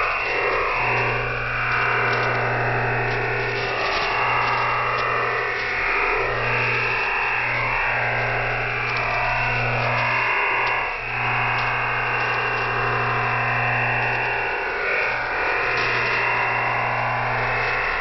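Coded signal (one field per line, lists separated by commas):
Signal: digital SSTV (DRM)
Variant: EasyDRF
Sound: continuous dense rushing hiss, even and steady, with a faint low hum underneath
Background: low hum tones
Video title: Shortwave Radiogram EasyDRF Part 2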